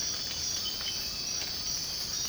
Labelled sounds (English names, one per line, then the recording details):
none
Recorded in secondary vegetation near Puerto Asís, Putumayo, Colombia, on 19 March 2025 at 05:00
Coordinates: 0.502, -76.326
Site G100